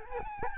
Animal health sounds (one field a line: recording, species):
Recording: mosquito wingbeat signal from an infrared sensor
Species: Aedes albopictus